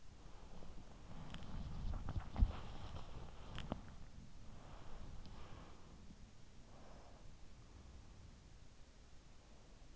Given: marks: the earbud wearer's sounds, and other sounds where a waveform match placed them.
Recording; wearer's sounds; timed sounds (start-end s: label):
sounds in sleep by an in-ear microphone; body movement
0.00-6.29 s: body movement